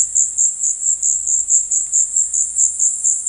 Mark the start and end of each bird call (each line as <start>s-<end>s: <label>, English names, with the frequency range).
0.00s-2.75s: White-throated Tinamou (1.1-2.6 kHz)